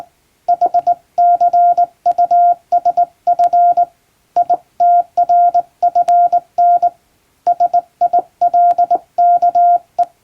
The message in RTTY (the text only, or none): none